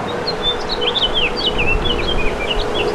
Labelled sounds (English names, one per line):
House Finch song